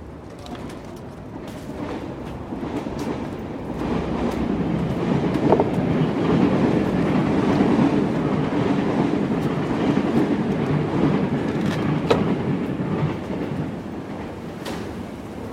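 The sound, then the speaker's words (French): An RER commuter train rolls steadily along the rails with a continuous low rumble, occasional clicks and metallic squeaks rising above it, and faint bird calls mixed in. “Aujourd'hui, quatrième épisode, on commence par prendre un RER.”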